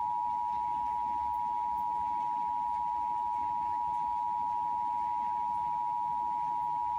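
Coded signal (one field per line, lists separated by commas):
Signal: Emergency Alert System (SAME) tones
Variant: 853 and 960 Hz attention tone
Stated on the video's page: Tornado warning for Detroit received on television.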